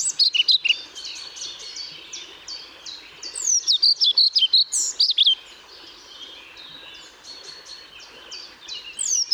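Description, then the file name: European pied flycatcher song: bursts of high, rhythmic alternating notes at the start, middle and end, with continual faint twittering from other birds. Recorded at Paehl on 1 May 2014. "Trauerschnaepper 01 05 2014 Paehl WM Michle Pron"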